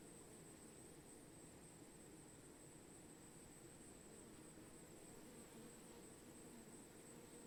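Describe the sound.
Bee swarm humming, a thick unbroken low drone of many wings, fairly even in loudness from start to end.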